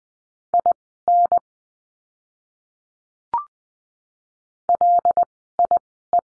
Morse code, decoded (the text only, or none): IN LIE